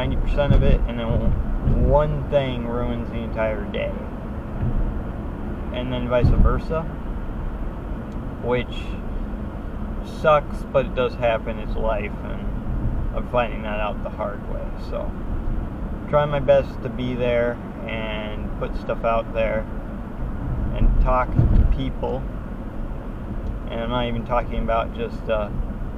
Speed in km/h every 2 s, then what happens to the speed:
66, 66, 66, 66, 66, 66, 66, 66, 68, 68, 68, 68, 63.
0-21 steady at about 66.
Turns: none.